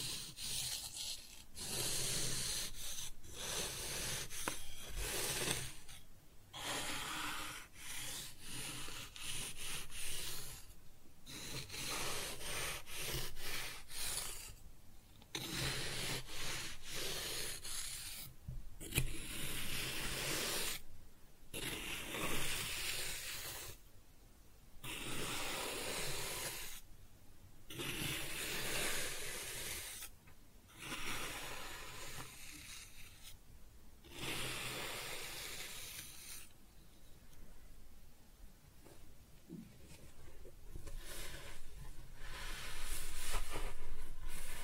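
Kinetic sand being cut and scooped gives a dense, gritty scraping and rubbing that fills most of the clip in repeated strokes. Short silent gaps break it every few seconds, and near the end the scraping thins to a quieter, softer hiss.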